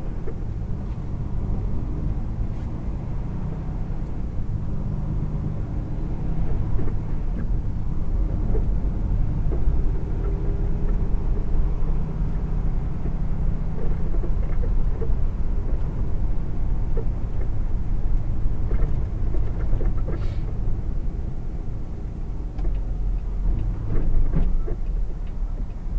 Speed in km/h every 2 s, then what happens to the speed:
15, 16, 19, 21, 27, 29, 29, 27, 26, 24, 21, 16, 6.
0-9 speeds up to 29. 12-26 slows to 6.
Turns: none.